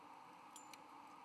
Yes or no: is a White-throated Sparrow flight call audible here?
no